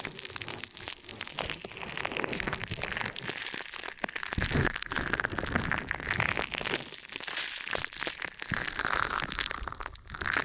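An ear and scalp massage gives a dense, continuous rustling and crinkling, with rapid scratchy bursts and brief quiet gaps near four and eight seconds.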